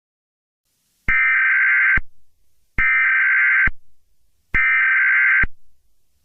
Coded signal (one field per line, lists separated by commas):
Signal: Emergency Alert System (SAME) tones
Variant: header bursts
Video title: Eas Scenario #3: Floridan Civil War